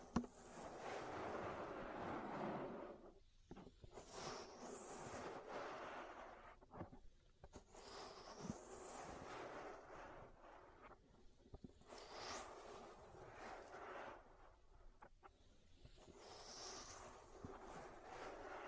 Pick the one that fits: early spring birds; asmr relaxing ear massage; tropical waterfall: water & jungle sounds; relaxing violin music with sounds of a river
asmr relaxing ear massage